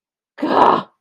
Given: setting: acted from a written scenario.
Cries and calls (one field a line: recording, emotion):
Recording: vocal sound without words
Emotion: anger